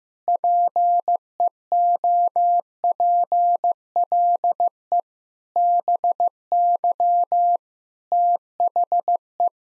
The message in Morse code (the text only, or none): PEOPLE BY THE